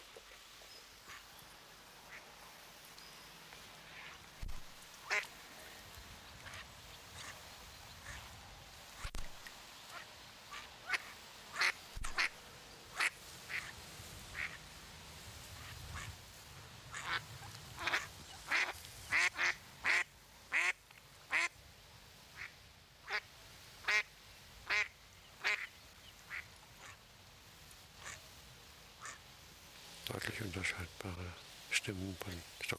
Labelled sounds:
Mallard call
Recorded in the wild
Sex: group
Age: adult
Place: Kölpinsee, Insel Usedom, Mecklenburg-Vorpommern, DE
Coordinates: 54.035, 14.0311
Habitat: lake
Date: 1983-09-17 13:17
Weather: overcast, 17°C
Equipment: Nagra SN, Sennheiser MKH 416T (Automatik), Kopie Uher 4000 Report Monitor
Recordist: Tembrock, Günter

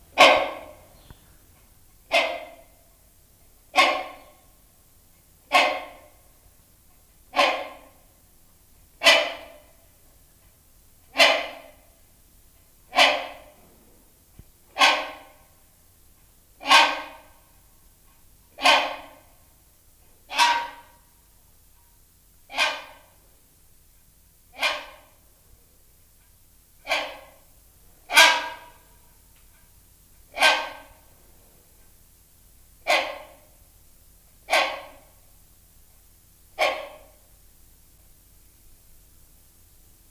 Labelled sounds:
Rhinoceros Hornbill call
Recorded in captivity
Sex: male
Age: adult
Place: Zoo Berlin, Berlin, DE
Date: 2000-07-11 14:40
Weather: heiter, 20°C
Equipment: Nagra SN, Kopie Uher 4000 Report Monitor
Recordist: Tembrock, Günter

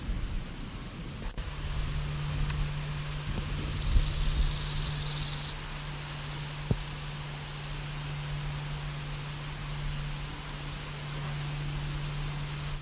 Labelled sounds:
Bow-winged Grasshopper stridulation
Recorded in the wild
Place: Lienen, Nordrhein-Westfalen, DE
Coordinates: 52.1553, 7.96528
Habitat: meadow, edge of the woods
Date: 1991-09-10 13:57
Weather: sunny, 21°C, gusty winds
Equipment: Marantz CP 430, Kopie Tesla B 116
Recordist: Tembrock, Günter
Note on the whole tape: Teuteburger Wald, Südhang, nördlich von Lienen. Stridulation

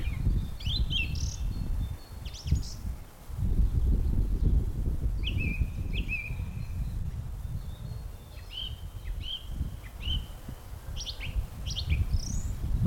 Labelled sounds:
Song Thrush
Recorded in the wild
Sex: male
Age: adult
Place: Blankenfelde, Tegeler Fließ, Berlin, DE
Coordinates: 52.625, 13.404
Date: 1992-04-11 10:30
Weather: heiter, 14°C, Wind
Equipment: Nagra SN, Mikrofon AKG CK 8, Kopie Tesla B 116
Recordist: Tembrock, Günter

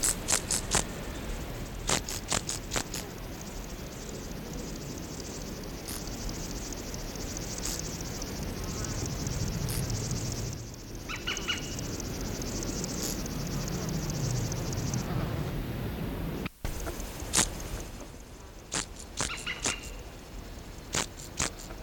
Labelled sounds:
Field Grasshopper stridulation
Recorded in the wild
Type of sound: stridulation
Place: Blankenfelde, Berlin, DE
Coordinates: 52.625, 13.404
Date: 1992-07-19 11:40
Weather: sonnig, 22°C, Wind
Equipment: Marantz CP 430, Sennheiser ME 80, Kopie Tesla B 116
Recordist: Tembrock, Günter
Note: Botanische Anlage; 2 m Respondieren (Hintergund Grünspecht und Chorthippus apricarius)

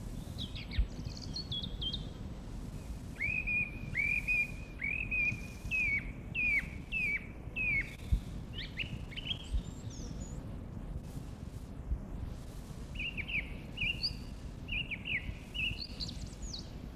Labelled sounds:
Song Thrush song
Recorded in the wild
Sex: male
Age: adult
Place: Mirnock, Kärnten, AT
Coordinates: 46.75, 13.73
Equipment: Uher 4000, Phillips Mikrofon
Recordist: Brunner, Thomas

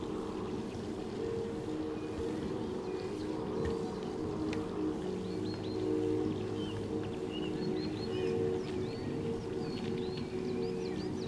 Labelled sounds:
European Robin song
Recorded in the wild
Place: Pfaffenbrunnen, Haardt, Rheinland-Pfalz, DE
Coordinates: 49.412, 7.756
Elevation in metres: 399
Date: 1976-03-26
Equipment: Nagra IV, Sennheiser MKH 405, Parabolreflektor
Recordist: Tretzel, Erwin

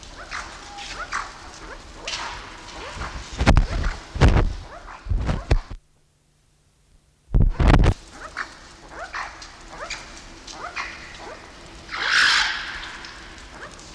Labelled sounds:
Banded Mongoose
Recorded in captivity
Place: Zoo Halle, Sachsen-Anhalt, DE
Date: 1993-04-26 17:28
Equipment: Sony WM-D6C, Sennheiser ME 80, Kopie Uher Variocord 263
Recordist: Tembrock, Günter

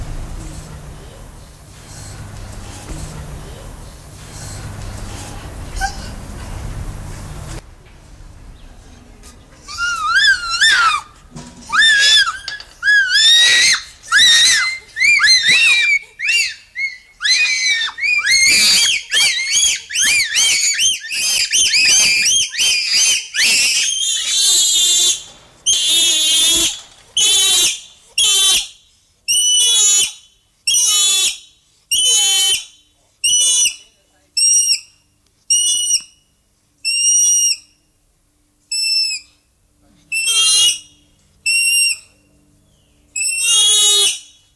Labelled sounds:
Bonobo
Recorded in captivity
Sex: group
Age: adult
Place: Zoo Leipzig, Sachsen, DE
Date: 1995-10-26 11:38
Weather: partly sunny, 6-10°C
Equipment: Sony WM-D6C, Sennheiser ME 80, Kopie Uher 4000 Report Monitor
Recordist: Tembrock, Günter

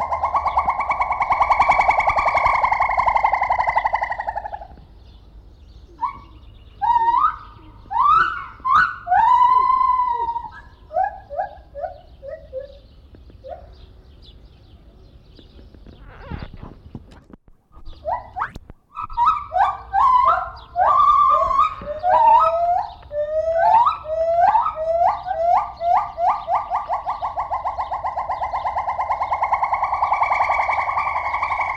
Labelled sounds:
Silvery Javan Gibbon
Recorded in captivity
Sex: diverse
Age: adult
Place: Zoo Rostock, Mecklenburg-Vorpommern, DE
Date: 1970-06-03 13:53
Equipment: Uher 4200 Report Stereo, Sennheiser MD 421
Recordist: Tembrock, Günter

